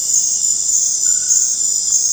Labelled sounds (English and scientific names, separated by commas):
none